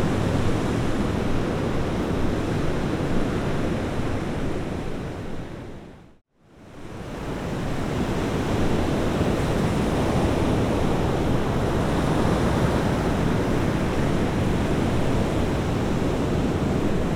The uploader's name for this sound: Gentle Ocean Surf